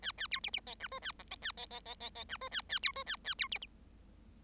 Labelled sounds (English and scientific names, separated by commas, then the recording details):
Bengalese Finch (Lonchura striata domestica) song
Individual Bird7